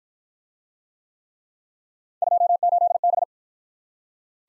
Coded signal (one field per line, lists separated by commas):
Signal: Morse code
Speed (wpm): 52 wpm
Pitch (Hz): 700 Hz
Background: none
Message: 28B